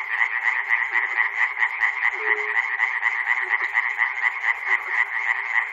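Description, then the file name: Frogs croaking en masse, a continuous rasping chatter with bright clicky notes repeated about twice a second and one short low drawn-out tone midway. Frogs recorded at Chernobyl. "peter cusack-chernobyl frogs"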